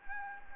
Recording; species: mosquito wingbeat signal from an infrared sensor; Anopheles gambiae